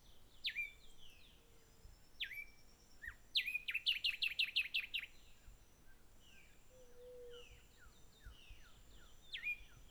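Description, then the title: Birds singing: a few downslurred whistled notes and a rapid burst of bright chirps, with other soft calls behind. Birds singing at Hato Corozal, Casanare, Colombia. "Hato Corozal, Casanare, Colombia - Aves Cantando"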